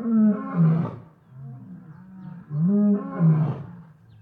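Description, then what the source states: Lion roars, two loud moaning bursts about two and a half seconds apart, each falling into lower grunting tones. Lions recorded in savannah.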